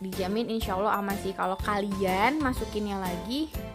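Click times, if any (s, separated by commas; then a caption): none. A Joie Litetrax 3 stroller seat unit, removed by pressing its buttons, is being handled to go back onto the mounts of the metal stroller frame while someone talks over music. Nothing has seated or clicked into the frame yet.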